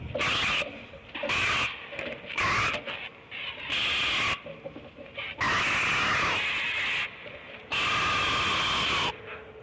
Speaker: This vocalization from the great blue heron had never been recorded before.